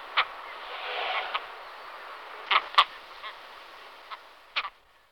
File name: Chaluha velka Stercorarius skua